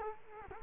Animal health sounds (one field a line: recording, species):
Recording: mosquito wingbeat signal from an infrared sensor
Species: Culex quinquefasciatus